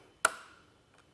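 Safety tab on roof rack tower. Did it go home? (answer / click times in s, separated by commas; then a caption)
yes / 0.2 s. The safety tab at the top of a Yakima RidgeLine roof rack tower, set up for the flush rails of a 2021 Chevrolet Trailblazer, snaps closed with one sharp click at 0.3 s, followed by a brief ringing tone that fades. A couple of faint soft taps follow near 0.9 to 1.0 s. The tab is seated closed.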